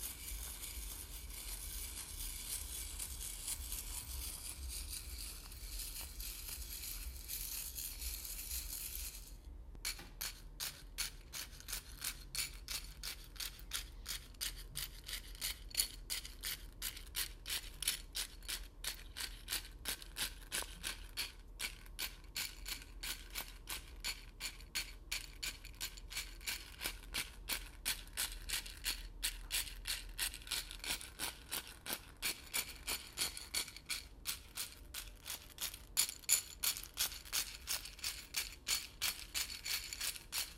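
Dry grains like rice, corn, oats and chia seeds being stirred and stabbed. For the first nine seconds there is a steady, dense, hissing rustle; then it switches to quick, crisp rattling clicks in a fairly regular rhythm that continue to the end, hitting hardest around 35 seconds.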